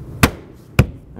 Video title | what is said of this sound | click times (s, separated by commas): How to Replace Rear Belt Molding Window Seal 2003-2009 Toyota 4Runner | go that's snapped into place and perfect | 0.2 s, 0.8 s